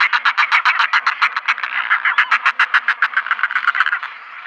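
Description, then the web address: Northern Fulmar cackle: a fast, rhythmic series of coarse croaking notes, fading slightly at the close. "Schulze Peter Northern Fulmar"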